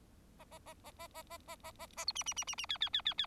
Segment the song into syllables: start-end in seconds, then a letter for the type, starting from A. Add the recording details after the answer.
0.39-0.44 A, 0.51-0.58 A, 0.66-0.74 A, 0.84-0.91 A, 0.99-1.07 A, 1.14-1.22 A, 1.30-1.37 A, 1.47-1.56 A, 1.63-1.71 A, 1.79-1.86 A, 1.97-2.05 A, 2.07-2.12 B, 2.15-2.23 C, 2.26-2.34 C, 2.36-2.44 C, 2.47-2.55 C, 2.58-2.66 C, 2.69-2.77 D, 2.81-2.89 D, 2.93-3.01 D, 3.05-3.14 D, 3.18-3.26 D. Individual Bird4